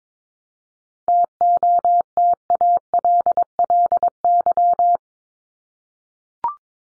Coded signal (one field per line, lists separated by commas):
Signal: Morse code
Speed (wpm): 22 wpm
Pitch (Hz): 700 Hz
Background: none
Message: TOTALLY